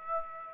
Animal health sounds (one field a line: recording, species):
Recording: mosquito wingbeat signal from an infrared sensor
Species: Aedes aegypti